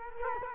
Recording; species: mosquito wingbeat signal from an infrared sensor; Culex quinquefasciatus